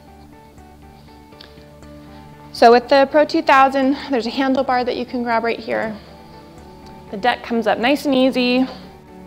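The deck of a ProForm Pro 2000 treadmill is lifted by its handle bar toward the folded upright storage position while someone talks over background music. The deck latch has not locked into place yet by the end of the clip.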